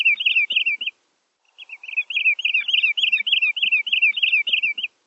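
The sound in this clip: Bird calling in quick, repeated high chirps with a bouncing, looping pattern; a short gap, then a longer unbroken run of the same notes.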